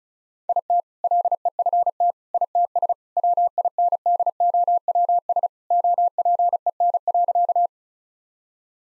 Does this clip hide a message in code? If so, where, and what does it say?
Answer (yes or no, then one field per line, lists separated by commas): yes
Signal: Morse code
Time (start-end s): 0.5-7.7 s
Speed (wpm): 34 wpm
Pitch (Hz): 700 Hz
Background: none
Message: IT LEFT ITS WINDOWS OPEN.